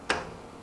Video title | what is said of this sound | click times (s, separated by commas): 154983 13.8" X 60" KELLENBERGER "SWISS" SUPER-PRECISION UNIVERSAL I.D./O.D. GRINDER Part 2 | hear that click it just it just dropped into its its key position | 0.1 s